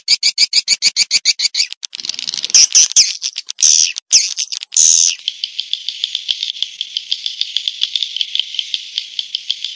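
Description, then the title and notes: Swiftlet calls: a quick series of sharp clicks first, then a few loud squeaky chirps, then a steady stream of rapid buzzy pulses. Swiftlet sound used in swiftlet bird farming in Asia. "Swiflet Bird Sound. Farming Swiflet Bird asia sound"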